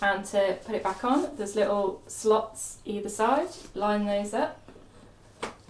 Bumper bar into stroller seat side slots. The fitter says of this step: a boogie and push and so you hear it click nice and solid okay